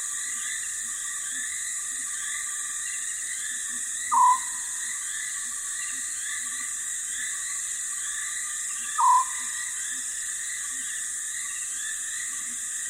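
Night sounds along a dry stretch of the Limpopo River at the start of the rainy season: a dense, unbroken chorus of insects and frogs fills the high and middle range. Twice, around four and nine seconds, a short, loud hooting call cuts through.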